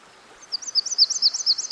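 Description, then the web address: Myrtle warbler song: a run of high, sweet two-note phrases repeated about every quarter of a second, alternating slightly up and down, over a soft steady hiss. Singing by a stream. "Dan Gibson Songbirds By The Stream. Myrtle Warbler"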